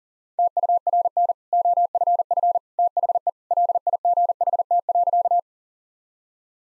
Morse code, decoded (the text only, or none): TURN OFF THE LIGHT.